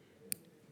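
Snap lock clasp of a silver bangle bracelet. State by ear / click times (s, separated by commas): seated / 0.3 s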